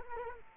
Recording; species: mosquito wingbeat signal from an infrared sensor; Culex quinquefasciatus